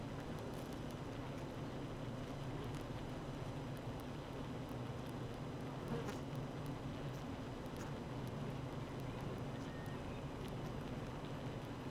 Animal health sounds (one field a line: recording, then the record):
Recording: honeybee colony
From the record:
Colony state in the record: active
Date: 12 June 2018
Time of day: 8:20